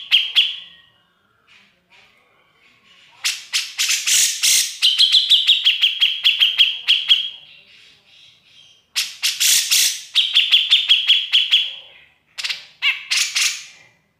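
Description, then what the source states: Grey-cheeked bulbul giving loud chattering phrases: rough harsh notes, then rapid rhythmic high notes, repeated in several bouts with quiet gaps between. Masteran training audio.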